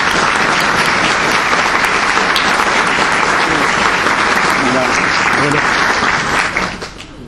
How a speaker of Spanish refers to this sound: Queremos agradecer la presencia de Ruth Boucher, que nos está deleitando con su arpa. Un aplauso para ella.